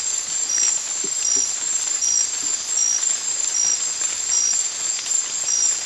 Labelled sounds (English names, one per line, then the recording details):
none
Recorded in dense forest near Puerto Asís, Putumayo, Colombia, on 8 March 2025 at 04:00
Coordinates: 0.503, -76.323
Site GP09